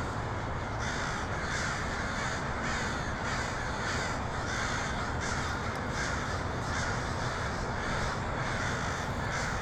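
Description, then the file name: Crows cawing in a dense chorus, harsh overlapping caws repeated steadily throughout, over a constant low rumble. Crows in Portland (pdx), 23 October 2018. "pdx crows 2018-10-23"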